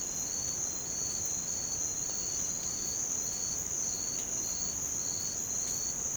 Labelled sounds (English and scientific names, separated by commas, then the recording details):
none
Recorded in pastures near Puerto Asís, Putumayo, Colombia, on 12 March 2025 at 06:00
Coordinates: 0.505, -76.324
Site GP08